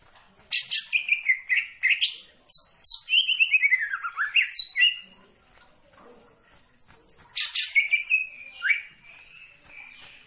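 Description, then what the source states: Greater green leafbird singing a lively, varied phrase of bright whistles, chirps and sliding notes, pausing briefly, then starting a new burst. Described as gacor, singing actively.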